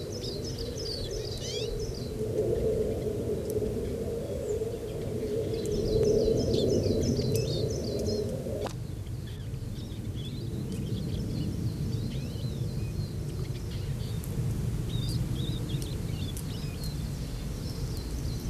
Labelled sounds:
Eurasian Siskin (Spinus spinus) song

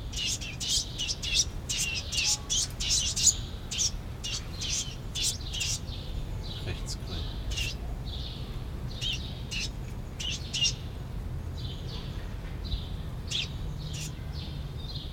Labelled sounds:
Willow Warbler (Phylloscopus trochilus)

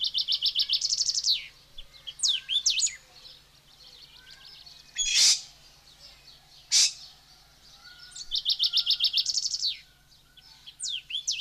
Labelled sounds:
Golden-billed Saltator (Saltator aurantiirostris) song

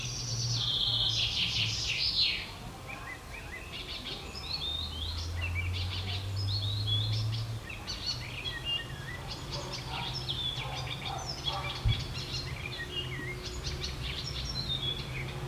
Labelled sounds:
Icterine Warbler (Hippolais icterina) song

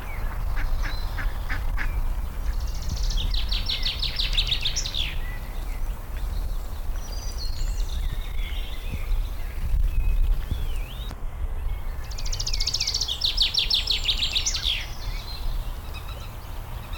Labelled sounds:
Eurasian Wren (Troglodytes troglodytes)

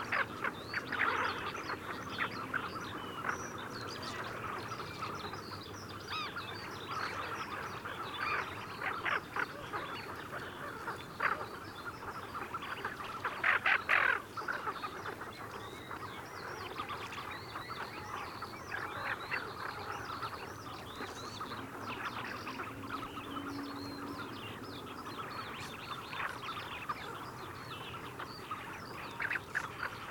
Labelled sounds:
Tufted Duck (Aythya fuligula) call

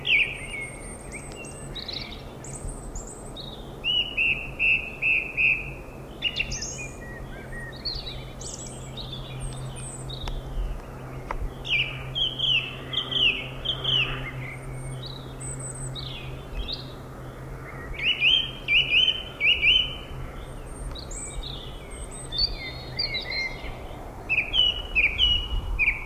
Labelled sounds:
Song Thrush (Turdus philomelos) song

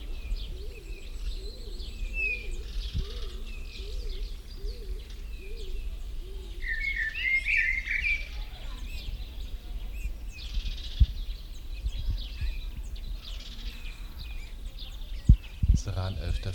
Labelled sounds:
Common Blackbird (Turdus merula)

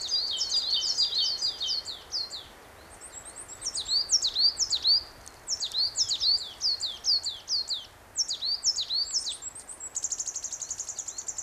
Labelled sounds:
Coal Tit (Periparus ater) song

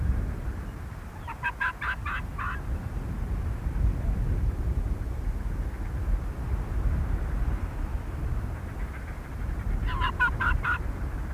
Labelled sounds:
Arctic Fox (Vulpes lagopus)

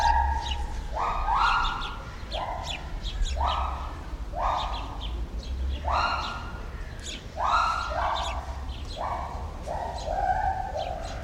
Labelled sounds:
Pileated Gibbon (Hylobates pileatus)

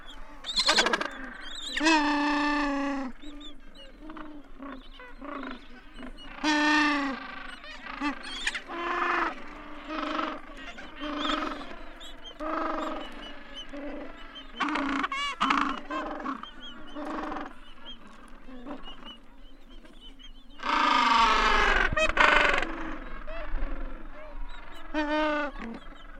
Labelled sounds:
Gentoo Penguin (Pygoscelis papua) call

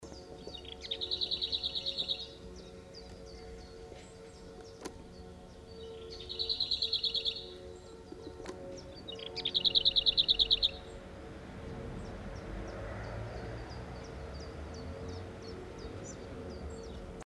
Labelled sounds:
Lesser Whitethroat (Sylvia curruca) song, Common Chiffchaff (Phylloscopus collybita)

